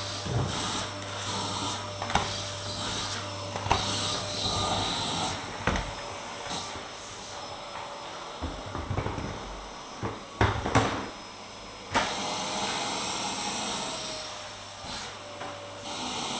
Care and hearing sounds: daily activity, microphone in the room; vacuum cleaning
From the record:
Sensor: 3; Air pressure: 995.2 hPa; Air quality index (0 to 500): 68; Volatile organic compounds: 4 ppm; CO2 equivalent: 1538 ppm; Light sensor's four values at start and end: 16/47/20/17 and 18/53/22/19

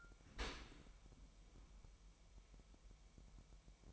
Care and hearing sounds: daily activity, microphone in the room; open dishwasher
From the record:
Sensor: 1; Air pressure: 998.3 hPa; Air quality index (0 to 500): 139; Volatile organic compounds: 4 ppm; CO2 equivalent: 1660 ppm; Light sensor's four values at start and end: 16/55/22/22 and 16/55/22/22

